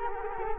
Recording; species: mosquito wingbeat signal from an infrared sensor; Culex quinquefasciatus